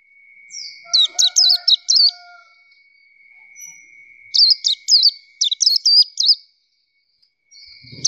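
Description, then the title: Nightingale song: quick twittering phrases of high, wavering notes in two bursts separated by a pause, with a third beginning at the end, over a thin constant high tone. Training recording of song played to teach kept songbirds to sing. "nightingale masteran"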